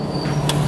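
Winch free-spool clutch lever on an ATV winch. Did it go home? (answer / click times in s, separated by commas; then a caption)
yes / 0.5 s. The metal free-spool clutch lever on the winch of an ATV Hammer 200 Pro 2024 is pushed back in to re-engage the winch lock, over a steady low hum. A sharp, short knock sounds at 0.5 s as the clutch lock engages and seats, after which the winch cable can no longer be pulled out.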